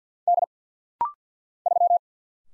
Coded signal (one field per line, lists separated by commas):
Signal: Morse code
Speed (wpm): 50 wpm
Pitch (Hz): 700 Hz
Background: none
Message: D 3